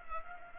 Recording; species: mosquito wingbeat signal from an infrared sensor; Culex pipiens